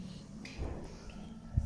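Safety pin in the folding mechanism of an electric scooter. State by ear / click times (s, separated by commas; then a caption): seated / 0.5 s. After folding a Kugoo Kirin M4 / M4 Pro electric scooter, the metal safety pin on the folding mechanism is twisted back against metal and locks the stem in place with a sharp, bright click at 0.4 s. A faint tick follows at 1.1 s over a low rumble, and a dull low thump lands near 1.6 s. The safety pin is seated back in place as a safety latch.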